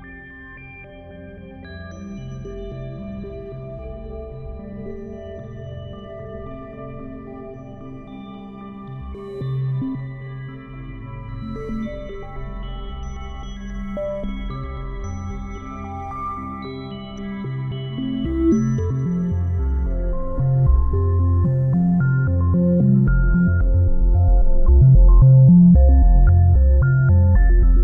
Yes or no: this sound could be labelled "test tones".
yes